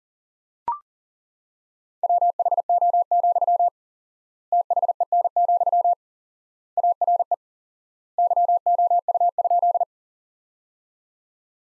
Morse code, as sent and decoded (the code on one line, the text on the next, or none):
.-- .... --- --..-- / - .... . -. --..-- / .- .-. . / -.-- --- ..- ..--..
WHO, THEN, ARE YOU?